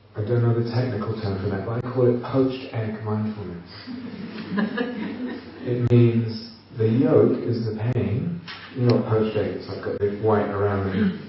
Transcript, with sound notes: I don't know the technical term for that, but I call it poached egg mindfulness. [laughter] It means the yolk is the pain -- you know a poached egg, it's like a big white around...